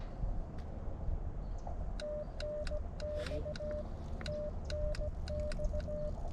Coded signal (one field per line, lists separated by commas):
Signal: Morse code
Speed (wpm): 16 wpm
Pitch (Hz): 600 Hz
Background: none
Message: TNX TNX